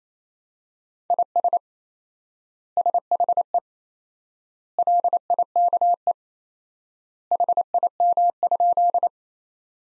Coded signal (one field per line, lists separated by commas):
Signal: Morse code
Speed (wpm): 28 wpm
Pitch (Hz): 700 Hz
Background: none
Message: IS SHE LIKE HIM?